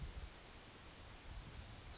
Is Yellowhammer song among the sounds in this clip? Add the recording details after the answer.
yes. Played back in forest. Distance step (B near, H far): G. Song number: 047